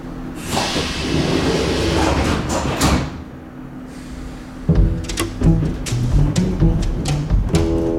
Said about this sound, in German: U-Bahn-Waggon innen. Spärlich besetzt. Später Vormittag. Geräusch des fahrenden Zuges.